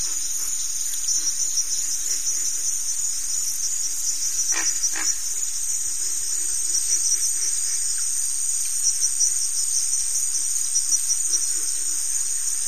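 Crickets keep up a shrill, continuous trilling chorus, with two brief louder sounds near the middle.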